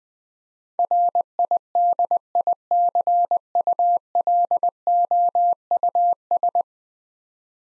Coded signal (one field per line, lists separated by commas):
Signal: Morse code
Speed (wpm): 20 wpm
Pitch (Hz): 700 Hz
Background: none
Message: RIDICULOUS